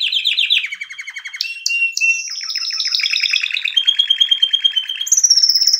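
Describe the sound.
Canary song of varied rolling trills, a few sharp slurred notes, then a bright high steady tour near the end.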